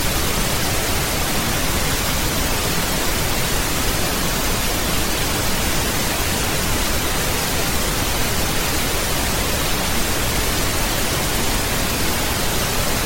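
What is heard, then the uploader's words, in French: White noise plays as a constant, even hiss for the whole thirteen seconds, with no change in loudness or texture. The sound is dense and fills everything from low rumble to bright sizzle, leaning slightly toward the upper range. Nothing else stands out. Le bruit blanc est un son constant et régulier qui couvre une large gamme de fréquences.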